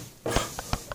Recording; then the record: coughing mixed with background sound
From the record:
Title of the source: Cough Around the Clock!